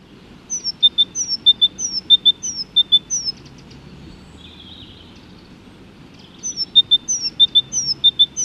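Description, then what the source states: Great tit song: repeated high two-part phrases, a thin falling whistle then paired lower notes, run off rapidly, pausing midway before resuming over faint background hiss. Song heard at the start; the bird can be seen in parks, gardens and on home balconies.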